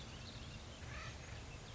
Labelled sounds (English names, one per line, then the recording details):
Acorn Woodpecker
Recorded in Sonoma County, California